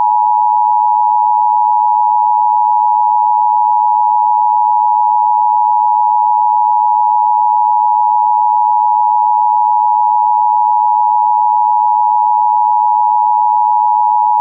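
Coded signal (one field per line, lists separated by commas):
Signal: Emergency Alert System (SAME) tones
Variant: 853 and 960 Hz attention tone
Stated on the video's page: Fake EAS capture of a Local Area Emergency for Riverview, MI; not a real alert.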